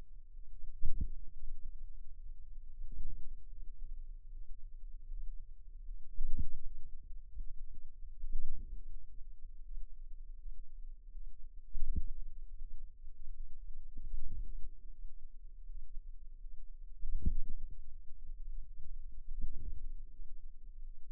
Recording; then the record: forearm muscle sounds (acoustic myography)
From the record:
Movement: wrist flexion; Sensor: system 2, bracelet of six BSWA MPA416 microphones around the upper forearm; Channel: 6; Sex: female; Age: 23 years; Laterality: right